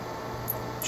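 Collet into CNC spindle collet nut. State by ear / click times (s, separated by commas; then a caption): seated / 0.5 s. An ER25 collet is pressed into the spindle collet nut of a ShopBot CNC router over a steady low hum, and it snaps into place with a sharp click at 0.5 s so it holds itself in. A second, longer bright noise follows at about 0.8 s. The collet is seated in the nut, ready for the tool to go in.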